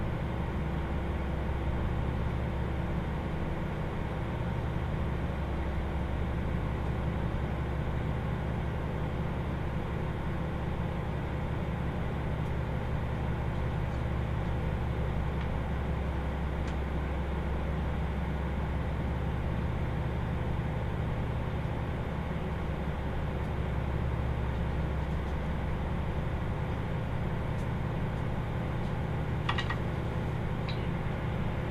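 A ride aboard the Kyushu Odan limited express No. 3 on the Hohi Main Line, from Kumamoto toward Tateno. A steady, deep engine drone and rumble hold at an even level throughout, with a faint whine on top and a few brief clicks near the end.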